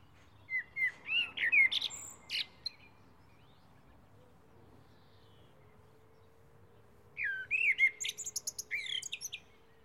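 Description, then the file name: Common blackbird song, two phrases of fluted warbling notes each ending in shrill chattering twitters, separated by a few seconds of quiet with a faint steady low hum. "Turdus merula"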